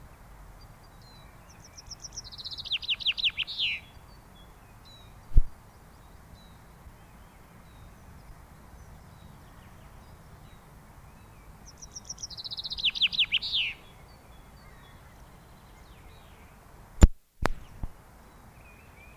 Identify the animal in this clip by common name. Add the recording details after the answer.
Common Chaffinch. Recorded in the wild. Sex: male. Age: adult. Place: Garmisch-Partenkirchen, Bayern, DE. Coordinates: 47.4931, 11.0633. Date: 1962-04-25. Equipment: Stellavox SM 5, AKG D19-200, Vorverstärker, Original, Vollspur. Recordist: Tretzel, Erwin. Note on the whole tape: Garmisch-Partenkirchen, Almhütte. Männchen: Gesang und Rufe (Garmischer Doppelschlag)